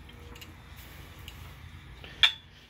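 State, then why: Seated. The lift lever of a Craftsman mower jack, lifting a Craftsman T260 lawn mower, is raised up to the third hole of the metal jack frame. Faint ticks and rattles at about 0.4, 1.3 and 2.0 s lead to one loud, sharp metallic catch at 2.2 s as the lever pin seats into the locking hole. A short ringing tail follows the catch.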